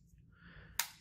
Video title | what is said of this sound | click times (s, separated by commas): LSIS MC Kontaktör Yardımcı Ekipmanların Montaj ve Demontaj İşlemleri | just slide it into the top snaps | 0.8 s